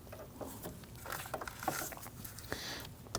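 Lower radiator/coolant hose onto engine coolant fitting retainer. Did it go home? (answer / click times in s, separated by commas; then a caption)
yes / 3.2 s. A lower coolant hose with an inner rubber seal is lined up and pushed onto its engine coolant fitting on a 2010-2019 Ford Taurus 3.5L V6, with scattered scuffing, rubbing and small ticks as it is worked on. A sharp click at 3.2 s is the plastic retainer lock engaging, and the hose is seated and locked into the retainer.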